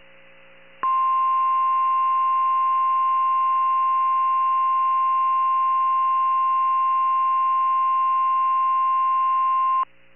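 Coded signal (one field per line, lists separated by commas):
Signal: Emergency Alert System (SAME) tones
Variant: 1050 Hz attention tone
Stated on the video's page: Severe Thunderstorm Warning received via SDR from NOAA Weather Radio transmitter WXJ41 on 162.475 MHz, 13.6 miles from the transmitter.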